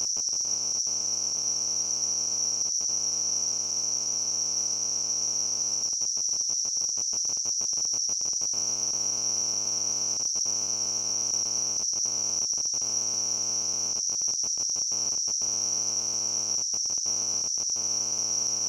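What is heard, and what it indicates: Simulated tinnitus: a steady, continuous high-pitched ringing tone near 6 kHz, with a faint buzzing, crackling undertone that cuts out briefly at intervals, at an even loudness throughout.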